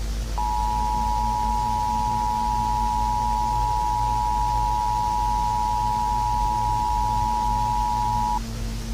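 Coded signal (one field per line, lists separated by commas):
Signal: Emergency Alert System (SAME) tones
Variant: 853 and 960 Hz attention tone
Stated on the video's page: Fictional Emergency Alert System scenario about a dangerous anomaly that chases people, which may use valid tones.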